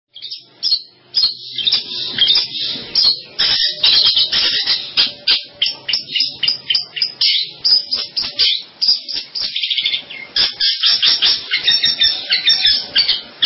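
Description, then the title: Long-tailed shrike song: a dense, nonstop run of sharp high chirps and harsh scratchy notes, varied in pitch and tumbling quickly one after another. "Kicau Burung Pentet"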